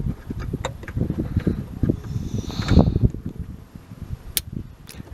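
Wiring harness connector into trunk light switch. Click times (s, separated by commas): 4.4 s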